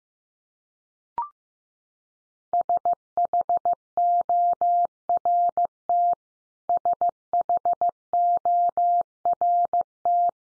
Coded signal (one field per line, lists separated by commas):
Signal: Morse code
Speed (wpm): 15 wpm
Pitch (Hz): 700 Hz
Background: none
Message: SHORT SHORT